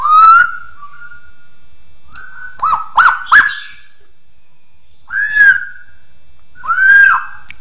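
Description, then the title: Bird song: loud whistled notes that rise and fall, given singly and in short clusters with silent gaps between them. "SuaraBurung Kicau1"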